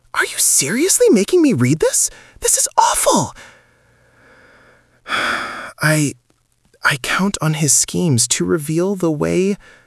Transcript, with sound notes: Are you seriously making me read this? This is awful! (Sighs heavily, clearly disgusted, forcing the last words out) 'I... I count on his schemes to reveal the way...